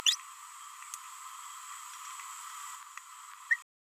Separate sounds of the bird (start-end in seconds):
3.51-3.59